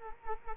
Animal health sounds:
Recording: mosquito wingbeat signal from an infrared sensor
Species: Culex quinquefasciatus

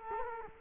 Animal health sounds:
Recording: mosquito wingbeat signal from an infrared sensor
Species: Culex quinquefasciatus

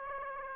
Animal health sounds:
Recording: mosquito wingbeat signal from an infrared sensor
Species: Aedes aegypti

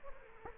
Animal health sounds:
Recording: mosquito wingbeat signal from an infrared sensor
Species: Aedes aegypti

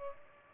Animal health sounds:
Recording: mosquito wingbeat signal from an infrared sensor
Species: Culex pipiens

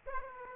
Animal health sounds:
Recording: mosquito wingbeat signal from an infrared sensor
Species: Aedes aegypti

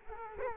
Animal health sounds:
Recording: mosquito wingbeat signal from an infrared sensor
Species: Culex quinquefasciatus

